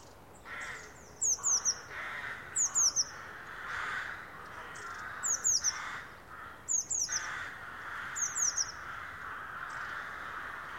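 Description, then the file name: Eurasian blue tit giving high, thin, falling notes in short clusters of two or three, recurring throughout, with lower harsh calls from other birds between them. "Cyanistes caeruleus"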